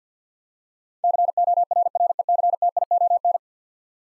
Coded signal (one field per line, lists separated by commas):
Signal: Morse code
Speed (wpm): 50 wpm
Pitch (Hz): 700 Hz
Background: none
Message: CORRECTION